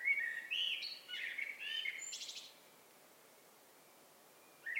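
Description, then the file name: Eurasian blackbird gives one long, rich warbled phrase capped by high twittering, then near silence until a new phrase starts at the end. "Turdus merula"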